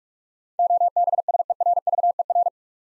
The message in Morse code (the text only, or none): OBSERVER